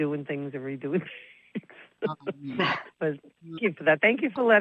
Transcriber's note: laughs